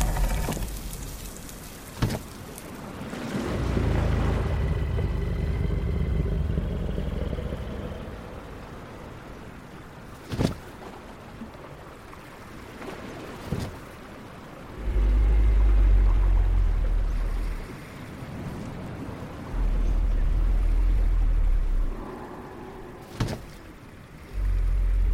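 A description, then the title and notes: Ocean waves wash in as slow, low rumbling swells, rising around 4, 15 and 20 seconds and easing back between. Sharp, bright cracks snap through at about 2, 10, 13 and 23 seconds, and a deep growling roar adds a soft rumble beneath the surf. Dragon's island ASMR ambience. Relaxing ocean wave with soft dragon sounds.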